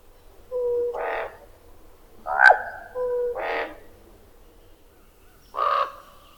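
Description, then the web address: Common raven calls: four harsh, hoarse croaks, with a steady lower tone leading into some of them. Common western North American species. "Songs of Birds of North America Know Your Bird Sounds. Common Raven"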